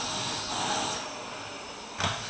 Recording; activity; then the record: daily activity, microphone in the room; vacuum cleaning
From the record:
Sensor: 2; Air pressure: 1001.8 hPa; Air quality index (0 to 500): 248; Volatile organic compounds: 39 ppm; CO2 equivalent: 3130 ppm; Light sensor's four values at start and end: 8/27/10/10 and 8/27/10/10